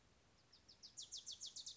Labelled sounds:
Wilson's Warbler
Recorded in Sonoma County, California

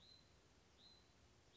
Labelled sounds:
Hutton's Vireo
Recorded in Sonoma County, California

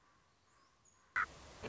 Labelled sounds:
Common Raven
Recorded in Sonoma County, California

